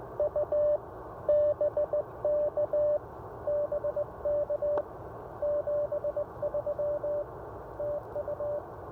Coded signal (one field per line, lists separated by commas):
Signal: Morse code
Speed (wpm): 18 wpm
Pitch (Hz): 590 Hz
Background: none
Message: U BK BK 73 TU